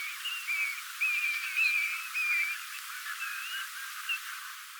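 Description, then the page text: European golden plover whistles: several drawn-out, slightly wavering piping notes, with softer ones in between. "Volker Arnold - Золотистая ржанка (Pluvialis apricaria)"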